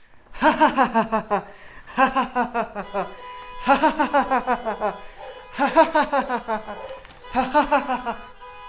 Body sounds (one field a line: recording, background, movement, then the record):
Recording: laughter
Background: traffic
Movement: walking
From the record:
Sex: male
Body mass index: 20.6 kg/m2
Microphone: on the chest, facing outward